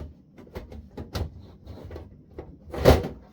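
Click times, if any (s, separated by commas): none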